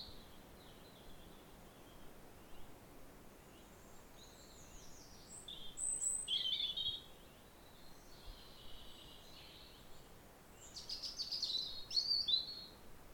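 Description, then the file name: European robin song in two bursts of high, quick warbling notes separated by a quieter gap, with steady background hiss. "Erithacus rubecula"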